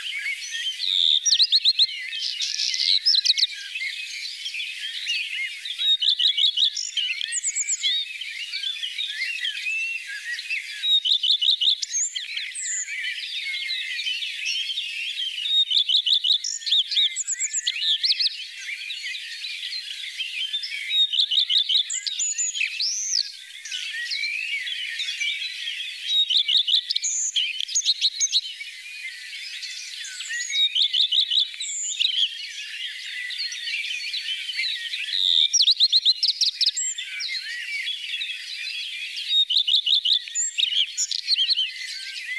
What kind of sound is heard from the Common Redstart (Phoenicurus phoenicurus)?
song